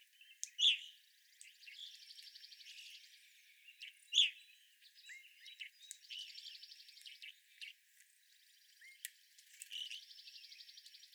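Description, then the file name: Evening grosbeak calls: two loud, short, high chirps stand out over a steady chorus of faint buzzy, pulsed notes and scattered clicks. Several Evening Grosbeaks recorded on 25 April 2021. "2021-04-25 Evening Grosbeaks"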